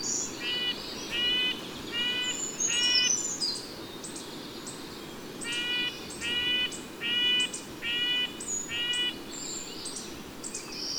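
Bird song: two runs of four or five harmonic chirps in steady succession, separated by a pause, with high whistles and light ticking above.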